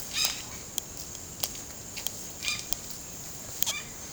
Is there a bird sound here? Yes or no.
yes